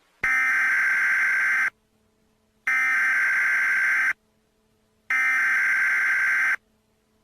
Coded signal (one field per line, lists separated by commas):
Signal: Emergency Alert System (SAME) tones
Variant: header bursts